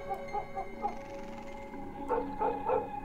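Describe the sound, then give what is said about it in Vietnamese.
A dog, Mích, standing outside on the porch, barks frantically in quick, repeated bursts: a cluster early on, a brief pause, then another rapid volley of sharp, mid-pitched barks. No one speaks. “Con Mích đứng ở ngoài hiên, nó như cũng nhận biết tình thế nguy hiểm mà nó sủa lên ghê lắm, như điên như cuồng vậy.”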